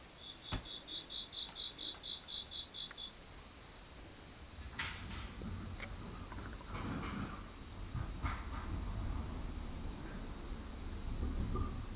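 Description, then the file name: Insect giving a short run of high pulsed chirps, then a swelling low rumble of passing traffic takes over the rest. Insects recorded together with car sounds; 15 September 2023, 13:21. "mushitokuruma 230915 1321"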